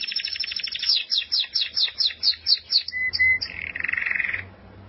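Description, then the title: Canary song: a rapid trill, then a series of repeated slurred notes, ending in a lower buzzy roll. "Kenari"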